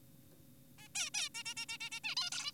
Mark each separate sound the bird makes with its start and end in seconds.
0.78-0.88, 0.95-1.10, 1.14-1.29, 1.35-1.43, 1.46-1.54, 1.57-1.66, 1.69-1.78, 1.81-1.90, 1.92-2.00, 2.04-2.15, 2.17-2.30, 2.32-2.52